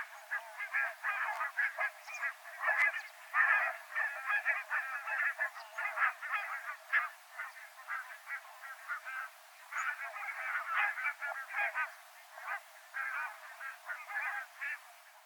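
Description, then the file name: Barnacle goose: barnacle geese chattering together, a continuous mass of short, nasal, dog-like yaps from many birds. "Nonnengans"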